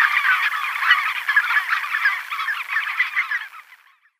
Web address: Schulze Peter Knot calls